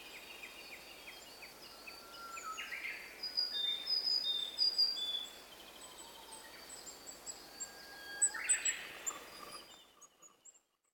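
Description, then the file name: Willow tit giving two rough, buzzy bursts amid many high, thin whistling notes, before the sound cuts off. "kogara"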